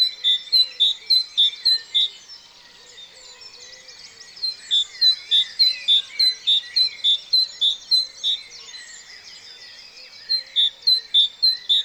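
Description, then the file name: Great tit sounding steady, ringing notes in runs of about three per second, pausing twice, while a chorus of birds chatters behind. "Parus major"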